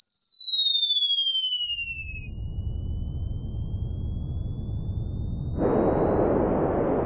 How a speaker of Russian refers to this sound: Вдруг сработало зажигание, взревели ракеты.